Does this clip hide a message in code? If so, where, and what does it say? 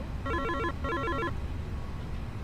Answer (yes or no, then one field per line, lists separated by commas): no